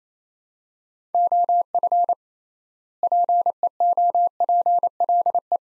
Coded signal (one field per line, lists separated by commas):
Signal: Morse code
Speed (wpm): 28 wpm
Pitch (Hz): 700 Hz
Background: none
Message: OF PEOPLE